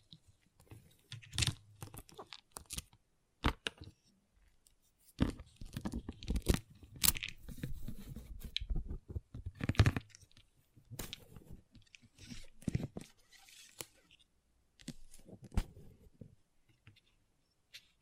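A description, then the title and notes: Small plastic pixel art beads rattle and crunch in irregular handfuls, with sharp clicks scattered throughout. A denser stretch of shuffling and grinding runs from about five to ten seconds, then the sounds thin out into separate taps and short scrapes. ASMR Relaxing Pixel Art Beads ( No Talking).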